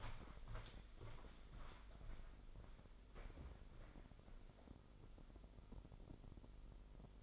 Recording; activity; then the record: daily activity, microphone in the room; walk to room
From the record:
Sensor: 5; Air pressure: 995.8 hPa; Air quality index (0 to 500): 91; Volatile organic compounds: 5 ppm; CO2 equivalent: 1714 ppm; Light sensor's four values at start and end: 38/92/38/39 and 40/96/39/40